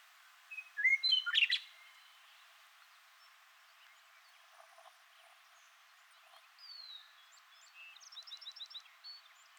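Western meadowlark song: a loud burst of clear whistles and fluty, jumbled notes near the start, then quiet with faint high twitters and notes late.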